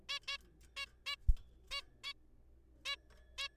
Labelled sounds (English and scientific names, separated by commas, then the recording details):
Zebra Finch (Taeniopygia guttata)
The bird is a juvenile
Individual R3428